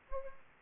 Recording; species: mosquito wingbeat signal from an infrared sensor; Anopheles gambiae